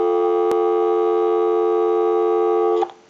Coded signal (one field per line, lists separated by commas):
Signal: telephone call progress tone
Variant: North America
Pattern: dial tone